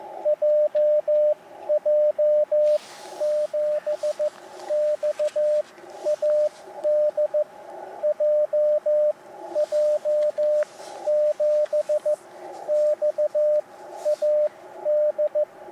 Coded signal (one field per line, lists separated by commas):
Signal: Morse code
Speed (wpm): 15 wpm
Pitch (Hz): 600 Hz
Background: radio noise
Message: JJ7XAD JJ7XAD